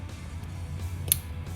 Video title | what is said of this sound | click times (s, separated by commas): All products used in comments. Very easy headlight bulb change on 2015 to 2018 jeep models | Boom, clipped in, ready to rock and roll. | 1.1 s